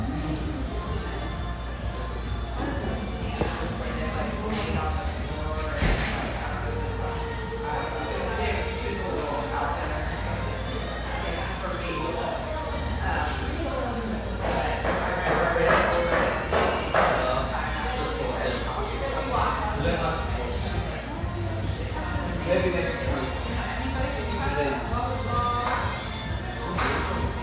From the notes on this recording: lively chatter from this spacious, vivacious tea room in the North End of Boise